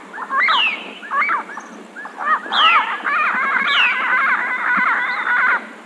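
Bird song: a few separate arched notes and high downslurs, then a fast, chattering run of repeated notes.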